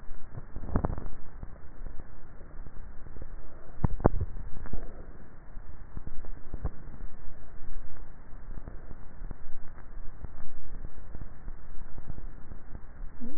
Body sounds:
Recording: swallowing sounds by neck microphone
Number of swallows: 1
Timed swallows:
3.82-4.78 s: swallow
From the record:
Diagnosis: dysphagia

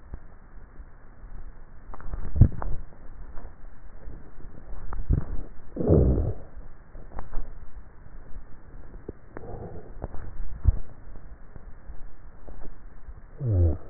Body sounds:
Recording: swallowing sounds by neck microphone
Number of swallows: 3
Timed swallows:
2.18-2.82 s: swallow
4.92-5.45 s: swallow
10.38-10.85 s: swallow
From the record:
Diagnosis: dysphagia

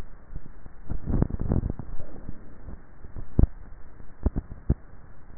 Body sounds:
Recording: swallowing sounds by neck microphone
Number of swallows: 1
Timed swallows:
0.78-1.95 s: swallow
From the record:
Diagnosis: dysphagia

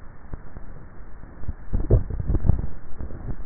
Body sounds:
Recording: swallowing sounds by neck microphone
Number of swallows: 1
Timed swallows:
1.52-2.55 s: swallow
From the record:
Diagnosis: dysphagia

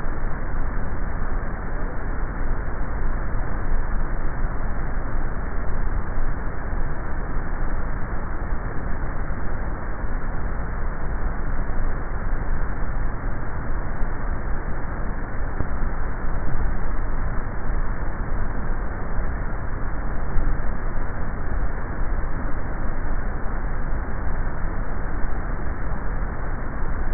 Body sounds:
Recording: swallowing sounds by neck microphone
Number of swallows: 4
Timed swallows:
5.68-6.38 s: swallow
9.52-10.15 s: swallow
13.28-13.88 s: swallow
24.22-24.75 s: swallow
From the record:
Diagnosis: dysphagia

